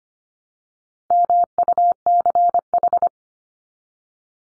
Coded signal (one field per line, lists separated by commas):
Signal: Morse code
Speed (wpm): 25 wpm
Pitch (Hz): 700 Hz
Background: none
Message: MUCH